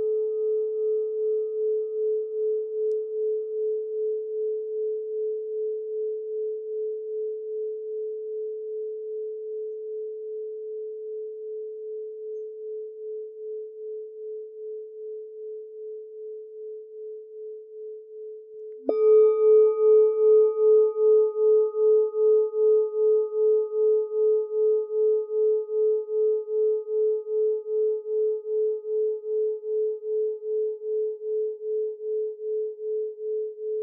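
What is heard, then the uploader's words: A 432 Hz bell rings with a pure, steady tone that pulses with a slow, even wobble and fades gradually over about nineteen seconds. It is then struck again, ringing out louder with faint higher overtones that die away sooner, leaving the warm low hum. 432 hz bell meditation.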